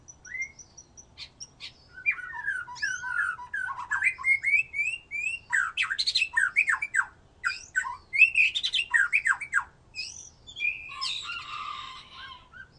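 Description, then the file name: White-rumped shama singing a varied, fast phrase of whistled slurs, buzzy notes and sharp downward strokes, with scratchy chatter near the end. "murai batu"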